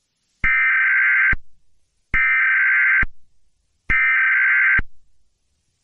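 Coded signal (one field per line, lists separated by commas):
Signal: Emergency Alert System (SAME) tones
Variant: header bursts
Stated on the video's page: Fictional EAS scenario in analog horror style, using valid EAS tones.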